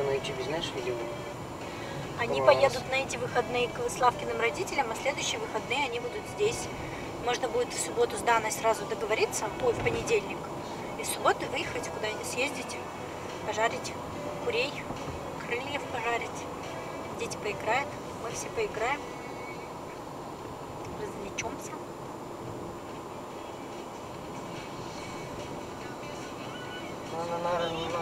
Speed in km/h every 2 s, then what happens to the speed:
47, 46, 45, 49, 50, 52, 54, 54, 54, 53, 52, 51, 51, 51.
4-12 speeds up to 54. 12-28 steady at about 52.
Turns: none.